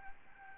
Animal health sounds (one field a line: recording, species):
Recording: mosquito wingbeat signal from an infrared sensor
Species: Aedes albopictus